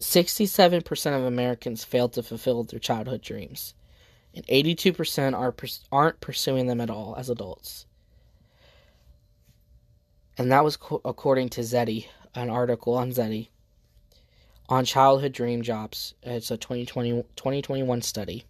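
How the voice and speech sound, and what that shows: Adult man who stutters, reading statistics aloud with repeated words and part-word repetitions, prolonged sounds and long pauses. His speech is not smooth, consistent with stuttering.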